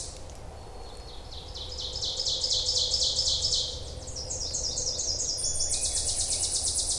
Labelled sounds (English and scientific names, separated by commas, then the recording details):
Ovenbird (Seiurus aurocapilla) song
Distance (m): 20 m
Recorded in boreal forest in Alberta, Canada, on 26 May 2016 at 07:53
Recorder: SongMeter 3, array SBT-3-15
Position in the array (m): 53 m, 223 m
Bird 20